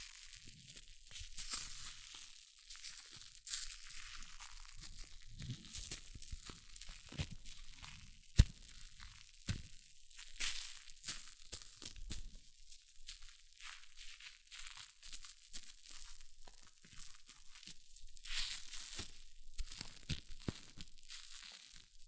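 Hair mousse fizzes in a dense, crackling hiss of tiny bright pops, with louder crinkly bursts every second or two and a sharp snap near eight seconds.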